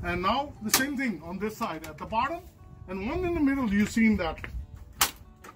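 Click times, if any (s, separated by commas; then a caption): 5.0 s. Someone talks while pressing the lower side retaining clip of a plastic front grille into its opening in the front body of a Chevrolet Trailblazer. A sharp snap is heard at 5.0 s as the clip seats.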